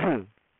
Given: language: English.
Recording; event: throat vibration sensor signal played as sound; throat clearing